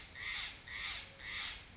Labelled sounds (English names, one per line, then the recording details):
Steller's Jay
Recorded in Sonoma County, California